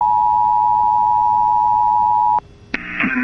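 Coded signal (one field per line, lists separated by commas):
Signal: Emergency Alert System (SAME) tones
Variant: 853 and 960 Hz attention tone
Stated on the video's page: Severe thunderstorm warning relayed off another station.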